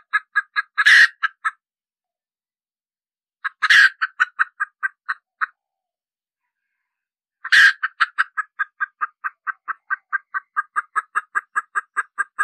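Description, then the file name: Red junglefowl hen cackle: bursts of quick clucks, each group marked by a louder harsh squawk, separated by short silences. Hen cackling (cục tác) after laying an egg. "Tieng ga mai rung cuc tac de"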